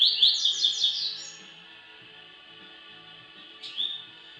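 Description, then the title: Double-collared seedeater song: a fast burst of high rising chirps followed by a pause and a single short rising note. "Canto Coleiro"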